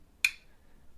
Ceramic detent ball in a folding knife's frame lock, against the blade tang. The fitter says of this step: that nice click that is the ceramic ball clicking into place against the back of that blade tank